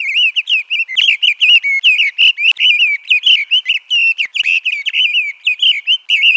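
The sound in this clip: Bird song, a rapid run of high chirped and warbled notes, each brief and separated by tiny gaps, continuing steadily throughout without pause.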